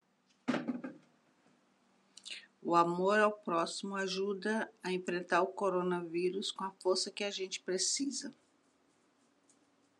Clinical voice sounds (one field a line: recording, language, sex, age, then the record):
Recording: spoken sentence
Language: Brazilian Portuguese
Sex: female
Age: 50 to 59 years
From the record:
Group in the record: control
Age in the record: 58 years